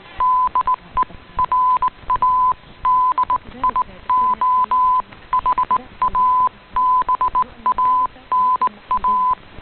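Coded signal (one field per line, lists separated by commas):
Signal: Morse code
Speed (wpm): 19 wpm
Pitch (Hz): 1010 Hz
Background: none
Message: DE RADIOHABANA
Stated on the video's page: Heard via an Icom IC-R8600 on 15140 kHz shortwave from Radio Havana Cuba; fairly clear reception.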